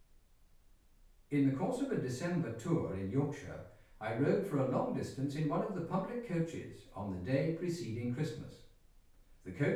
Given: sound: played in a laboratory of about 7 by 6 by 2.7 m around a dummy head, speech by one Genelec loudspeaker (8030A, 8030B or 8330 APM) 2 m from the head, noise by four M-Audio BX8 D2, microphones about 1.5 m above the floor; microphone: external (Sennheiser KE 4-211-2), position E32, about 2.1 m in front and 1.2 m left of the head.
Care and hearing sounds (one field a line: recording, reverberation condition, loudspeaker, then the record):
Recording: male speech in English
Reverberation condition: medium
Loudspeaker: behind (180 degrees)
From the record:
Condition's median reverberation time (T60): about 510 ms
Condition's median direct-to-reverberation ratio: about -0.5 dB